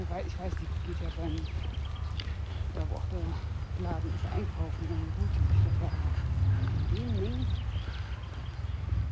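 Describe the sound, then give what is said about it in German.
A small parrot, a dwarf parrot of the kind that sits in trees all over Cologne, gives a string of harsh, squawking calls with rising and falling pitch, repeating irregularly throughout over a steady low rumble of noise. “Was war das denn? Das ist eine Art Papagei.”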